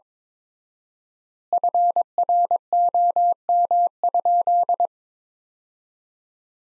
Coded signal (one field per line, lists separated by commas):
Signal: Morse code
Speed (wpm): 22 wpm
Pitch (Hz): 700 Hz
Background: none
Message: FROM?